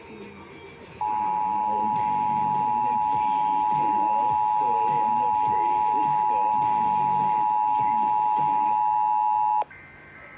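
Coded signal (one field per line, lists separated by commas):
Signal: Emergency Alert System (SAME) tones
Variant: 853 and 960 Hz attention tone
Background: speech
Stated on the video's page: EAS monsoon storm alerts, a Required Monthly Test, and a NOAA Weather Radio weekly test.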